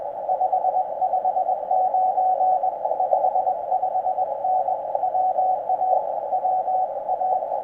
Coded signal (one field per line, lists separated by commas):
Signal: Morse code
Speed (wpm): 22 wpm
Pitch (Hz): 750 Hz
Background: none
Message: 559 55N WA WA